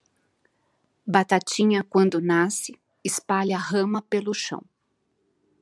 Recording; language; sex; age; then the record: short text; Brazilian Portuguese; female; 50 to 59 years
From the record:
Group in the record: control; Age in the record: 57 years